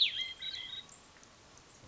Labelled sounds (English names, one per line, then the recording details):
Hermit Thrush
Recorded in Sonoma County, California